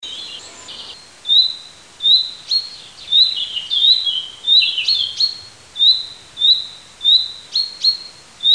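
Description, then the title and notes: Common chaffinch calling with sharp high notes at a regular beat after a short noise at the start, with some overlapping descending twitters midway. Recorded in a park at Parabiago in June 2003. "Parco del Roccolo, Parabiago, Fringuello nel parco del Roccolo. fringuello nel parco del roccolo (giugno 2003)"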